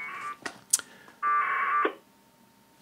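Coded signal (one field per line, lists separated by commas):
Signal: packet radio (AX.25, as in APRS)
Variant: 1200 baud AFSK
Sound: two short buzzy warbling data bursts, separated by clicks and squelch pops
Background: radio squelch clicks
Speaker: it's asking me for my call sign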